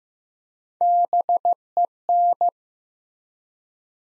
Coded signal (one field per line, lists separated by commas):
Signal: Morse code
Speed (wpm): 15 wpm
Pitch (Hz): 700 Hz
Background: none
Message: BEN